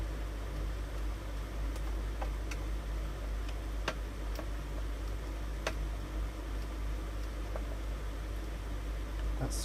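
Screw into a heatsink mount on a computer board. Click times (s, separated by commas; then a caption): 3.9 s, 5.7 s. A screw is driven into a heatsink mount on an APU computer board during reassembly after a thermal paste change, over a steady background hiss. Faint ticks are followed by sharp snaps at 3.9 s and 5.7 s as the screw thread gives way. The thread is stripped and the screw won't tighten.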